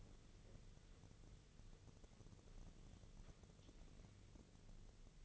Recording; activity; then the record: daily activity, microphone in the room; wipe stove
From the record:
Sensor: 4